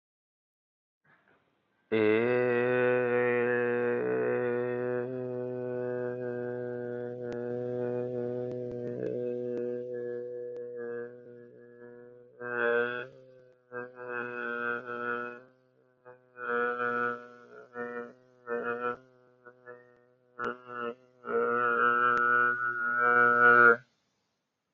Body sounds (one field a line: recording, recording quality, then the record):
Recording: sustained vowel as in made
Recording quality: excellent, no background noise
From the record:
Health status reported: healthy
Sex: male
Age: 28 years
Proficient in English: yes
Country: India